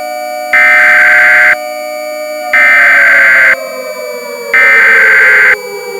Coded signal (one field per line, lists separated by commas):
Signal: Emergency Alert System (SAME) tones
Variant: header bursts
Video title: Everybody's Fear (An EAS scenario) Part 1